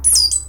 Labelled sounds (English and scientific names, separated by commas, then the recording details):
Stitchbird (Notiomystis cincta) song
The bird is a male
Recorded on Tiritiri Matangi Island, New Zealand, in 2005
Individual 22, of nest box 31